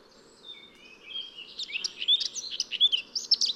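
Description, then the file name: Eurasian blackcap warbling: quiet drawn-out notes at first, then a quickening run of varied chirps and whistles over a soft background hiss. "Sylvia atricapilla"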